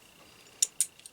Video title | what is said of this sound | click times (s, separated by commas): Winchester 94 22 Disassembly Cleaning & Reassembly | when you get it together now if you could hear the click i just push the little spring-loaded piece in | 0.6 s, 0.8 s